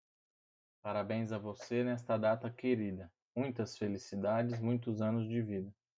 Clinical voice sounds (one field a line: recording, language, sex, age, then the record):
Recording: short text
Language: Brazilian Portuguese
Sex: male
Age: 30 to 39 years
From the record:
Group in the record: control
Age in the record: 33 years